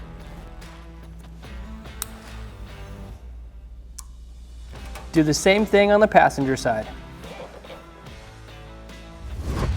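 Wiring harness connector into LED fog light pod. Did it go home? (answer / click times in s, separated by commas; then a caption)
yes / 2.0 s, 4.0 s. Three Deutsch connectors on a newly run wiring harness are plugged into Morimoto 4Banger LED fog light pods on a 2010-2014 Ford Raptor, over background music. Two sharp, short clicks land at 2.0 s and 4.0 s as the connectors seat, and then someone talks. The connectors are clicked in and seated.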